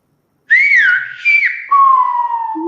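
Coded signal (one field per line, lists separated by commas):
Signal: whistled language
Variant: Silbo Gomero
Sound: a clear whistle gliding up and down in three linked phrases, ending on a low falling tone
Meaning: The whistler says the name Francisco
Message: Francisco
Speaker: Francisco lo repito otra vez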